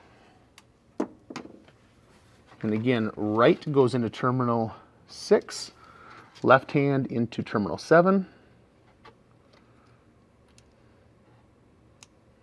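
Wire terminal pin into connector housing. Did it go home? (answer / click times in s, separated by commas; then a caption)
yes / 12.0 s. Wire terminal pins for a Polaris XPEDITION Gen 2 turn signal kit are pushed into numbered cavities 6 and 7 of a plastic connector housing while someone talks. Faint handling ticks follow the talk, and a small, sharp click at 12.0 s marks the pin locking into the housing, seated.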